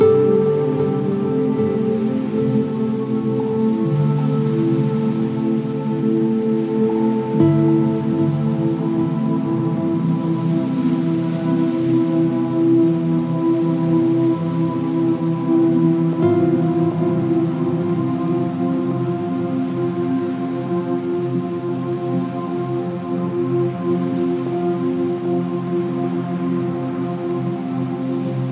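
Soft sweeping pads hold long, warm chords over a steady wash of lapping waves. The chords shift gently around seven and sixteen seconds, and the level stays even throughout with no sharp events, just a continuous soft hiss beneath the low sustained tones.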